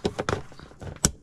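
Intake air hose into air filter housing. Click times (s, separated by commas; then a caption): 1.1 s. During reassembly after checking the air filter on a Clio 4, the intake air hose is pushed back onto the air filter housing. A few handling knocks and rustles come before a sharp, bright click at 1.0 s, and the hose is properly seated.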